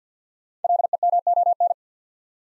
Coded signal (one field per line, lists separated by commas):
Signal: Morse code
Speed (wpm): 48 wpm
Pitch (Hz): 700 Hz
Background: none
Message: LEMON